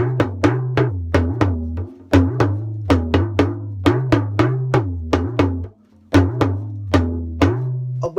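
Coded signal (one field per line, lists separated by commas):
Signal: talking drum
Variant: Yoruba dundun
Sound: quick low drum strokes whose pitch rises and falls in speech-like phrases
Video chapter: 9:23 – 13:56: Talking Drum Sayings and Proverbs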